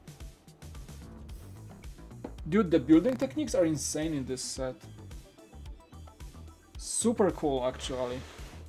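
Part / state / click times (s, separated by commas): brick wall section onto snap connectors of a building set / not seated / none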